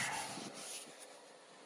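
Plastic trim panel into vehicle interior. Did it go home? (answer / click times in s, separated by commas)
no / none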